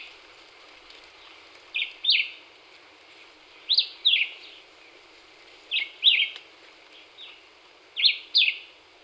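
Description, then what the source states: Black-whiskered vireo repeating short, slurred phrases of a few notes about every two seconds, faint background hiss throughout. Recorded on 26 April 2019.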